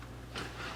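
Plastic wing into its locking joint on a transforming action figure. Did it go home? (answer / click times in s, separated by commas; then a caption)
no / none. A plastic wing on a Transformers War for Cybertron Siege Jetfire transforming action figure is swung down toward its locking joint, heard as soft plastic rustling over a steady low hum, with brief rises around 0.4 s and 0.6 s. Nothing has seated or clicked yet; the wing is still being handled and is not yet locked into place.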